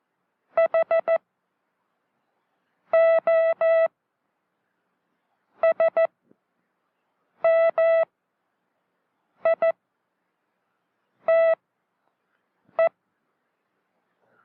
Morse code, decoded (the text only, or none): H O S M I T E